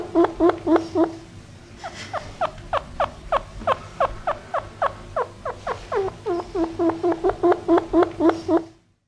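Chinchilla squeaks in rapid series, short sharp calls dropping in pitch, about four per second, with one brief pause, steady low hum underneath.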